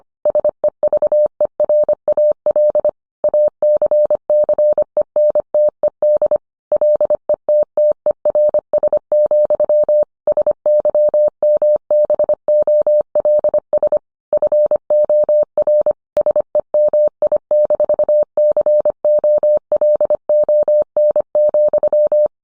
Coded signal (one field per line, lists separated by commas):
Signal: Morse code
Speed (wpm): 25 wpm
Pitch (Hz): 600 Hz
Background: none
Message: SEVERAL ACCENTED LETTERS, SYMBOLS FOR SEMI-COLON,